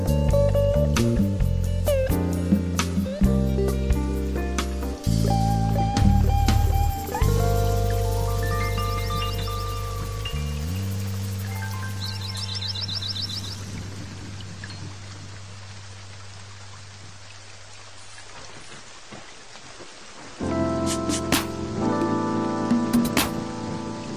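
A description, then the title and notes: Smooth jazz plays with a soft, low bass line and sustained keyboard chords that shift every few seconds, over a steady patter of rain. Around twenty seconds the music thins to rain alone, then a brighter chord returns loudly and carries on. Cloud Jazz Sessions Nº 1: Smooth Jazz & Rain.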